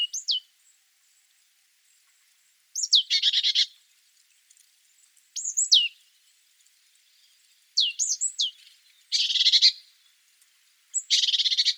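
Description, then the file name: Great tit calling: high down-slurred notes and several harsh rasping churrs, alternating throughout in a quiet setting. "Parus major"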